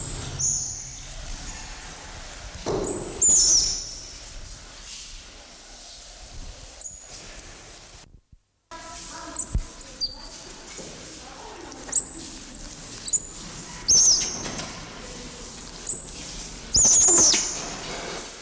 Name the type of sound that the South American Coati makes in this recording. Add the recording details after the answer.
call. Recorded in captivity. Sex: pair. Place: Zoo Halle, Sachsen-Anhalt, DE. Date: 1996-03-08 15:31. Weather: sonnig, 3°C. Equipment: Sony WM-D6C, Sennheiser ME 80, Kopie Uher 4000 Report Monitor. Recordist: Tembrock, Günter